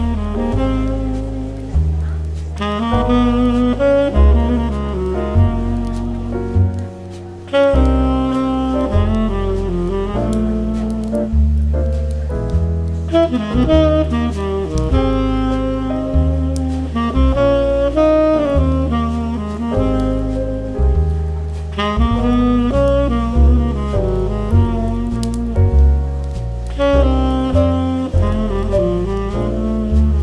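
Smooth jazz plays steadily, with a warm low bass line and shifting chords changing every few seconds, soft and even throughout.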